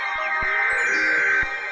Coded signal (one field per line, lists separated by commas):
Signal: Emergency Alert System (SAME) tones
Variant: header bursts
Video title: DEAR RALEIGH...YOU SUCK! EAS Alerts from 7/23/19 (EAS #2,979 - 2,984)